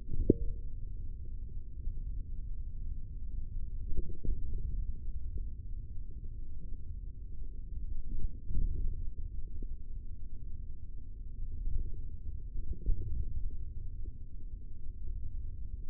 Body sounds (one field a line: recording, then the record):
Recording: forearm muscle sounds (acoustic myography)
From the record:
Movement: index flexion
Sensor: system 3, bracelet of six PUI Audio POM-2738L microphones around the upper forearm, with dedicated amplification and filtering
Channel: 6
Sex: male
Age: 43 years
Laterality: right